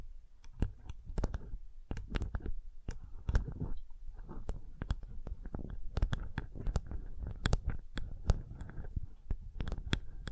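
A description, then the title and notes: Soft, sensitive tapping in quick irregular bursts, each tap a sharp click over a low rumbling bed that persists throughout the ten seconds. Sensitive Tapping.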